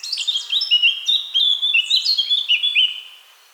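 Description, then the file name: Eurasian blackcap singing a rapid, continuous warble of high chirps and clear whistled notes lasting about three seconds before fading out. "Sylvia atricapilla"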